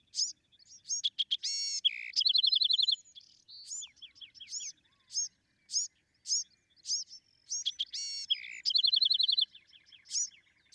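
Bewick's wren gives buzzy, trilled song phrases twice, with crisp high chips and short slurred notes filling the gaps.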